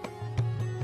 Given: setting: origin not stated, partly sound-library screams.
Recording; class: one-second piece from a danger detection set; normal situation